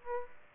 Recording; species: mosquito wingbeat signal from an infrared sensor; Aedes aegypti